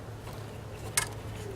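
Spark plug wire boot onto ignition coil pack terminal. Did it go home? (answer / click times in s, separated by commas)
yes / 1.0 s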